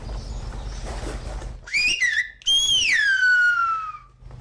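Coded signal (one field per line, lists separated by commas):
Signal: whistled language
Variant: Silbo Gomero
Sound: quiet background, then a short whistle and a long falling gliding whistle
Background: low hum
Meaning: Good morning (a greeting)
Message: Buenos días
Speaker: Ahora les voy a dar un saludo y a ver si ustedes saben qué saludo he dado yo. Es un saludo, ¿de acuerdo?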